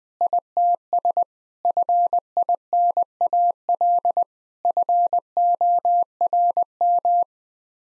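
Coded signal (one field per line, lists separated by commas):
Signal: Morse code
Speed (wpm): 21 wpm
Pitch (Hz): 700 Hz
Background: none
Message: ITS FINAL FORM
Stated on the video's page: Morse code head-copy drill at 20 wpm of common seven-word groups, each sent, spoken, then sent again.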